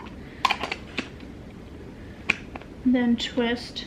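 A deodorant refill pod is handled and inserted into its refillable plastic case, with brief sharp handling ticks around 0.5, 1.0 and 2.3 seconds over quiet background, and someone talks near the end. Nothing has seated or clicked into the case yet.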